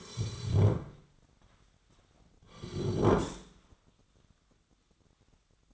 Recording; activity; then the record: daily activity, microphone in the room; sit down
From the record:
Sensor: 3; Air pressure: 1009.2 hPa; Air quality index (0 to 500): 181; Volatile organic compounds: 3 ppm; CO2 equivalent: 1461 ppm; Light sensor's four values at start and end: 36/92/41/42 and 39/99/44/44